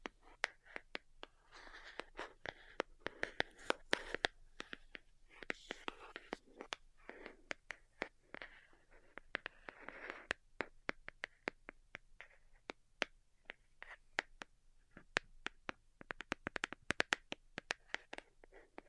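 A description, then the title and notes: Delicate tapping in quick, irregular bursts, each tap a sharp click that sounds bright and crisp. Between taps comes soft rustling or scratching, busiest in the first half, and the taps crowd together again near the end, with a faint low hum underneath. ASMR DELICATE Tapping for Sleep (No Talking).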